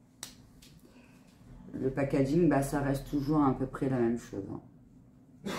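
A plastic cap is pressed shut onto a lip balm tube after a first attempt fails, and it snaps into place with a sharp click at 0.2 s. A softer tap follows at 0.6 s. Someone then talks, and another short noise comes at the very end.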